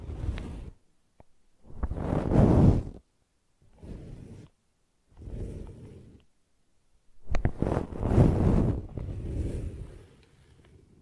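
Brushing and scratching comes in separate swelling strokes of about a second each, with short silences between, rough and low-heavy with occasional sharp clicks.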